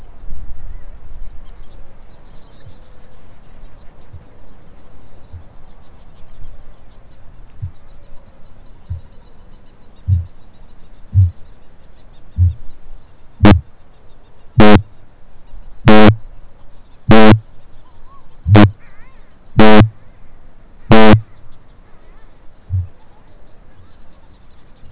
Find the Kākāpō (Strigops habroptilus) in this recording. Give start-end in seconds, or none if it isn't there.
3.85-5.63, 7.27-9.20, 9.91-12.73, 13.14-21.36, 22.43-23.07